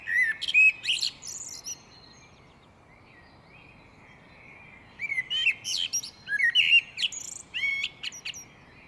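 Great tit calls: harsh buzzy notes and chirps at the start, then a quiet spell, followed by a lively run of slurred chirping notes.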